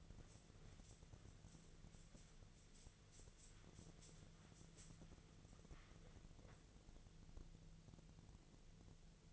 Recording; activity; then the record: daily activity, microphone in the room; wipe stove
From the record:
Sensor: 4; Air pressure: 1001.3 hPa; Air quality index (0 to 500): 185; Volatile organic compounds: 3 ppm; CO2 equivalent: 1323 ppm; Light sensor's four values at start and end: 14/31/13/13 and 13/30/12/13